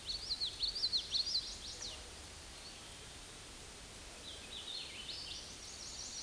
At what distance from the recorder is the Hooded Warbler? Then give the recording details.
about 60 m. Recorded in a Pennsylvania forest on 18 May 2023 at 10:59. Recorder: AudioMoth, point grid1_12_low. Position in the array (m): 231 m, 142 m